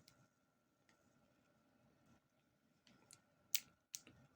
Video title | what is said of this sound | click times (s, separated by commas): How to Replace Garmin Vivoactive 3 Watch Band / Strap - Easy No Tools Required | and then i heard the click did you hear the click | 3.6 s